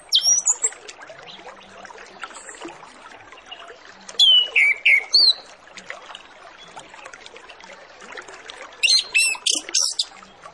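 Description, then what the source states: Orange-headed Thrush song, three separate bursts: high twitters, then a falling slurred whistle phrase, then a rapid squeaky flourish, with continuous low chattering noise beneath. Lure recording of full song with fill-in phrases (isian), used to prompt Orange-headed Thrushes to start singing quickly (ngeplong).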